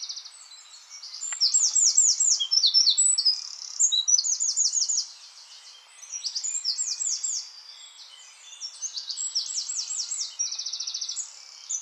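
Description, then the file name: Eurasian wren singing a fast, high-pitched cascade of trills and buzzy rattles, in several bursts with short pauses between them. "Troglodytes troglodytes"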